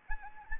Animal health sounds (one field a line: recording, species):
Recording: mosquito wingbeat signal from an infrared sensor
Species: Anopheles arabiensis